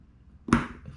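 A small metal spring is pressed under the lip beneath the top ridge inside the body of a Cabo PTSE 4000 saltwater spinning reel during reassembly. After a quiet stretch, a sharp metallic snap at 0.5 s rings briefly and fades as the spring seats in place.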